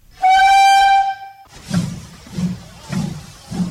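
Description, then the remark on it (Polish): A loud, steady whistle from a retro steam train sounds for about a second, then cuts off into rhythmic low chuffing and clatter as the train rolls along the old 1884 railway line from Nowy Sącz to Chabówka, Poland, with regular pulses roughly every half second. “Pociągi parowe są nutką romantyzmu z dawnych lat.”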